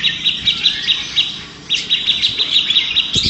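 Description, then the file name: Grey-cheeked Bulbul: short bursts of quick, bright songbird chatter repeated in pulses, a brief pause, then more chattering and a low thud at the end. Three birds in a simulated songbird contest. "audio simulasi lomba cucak jenggot trio omkicau"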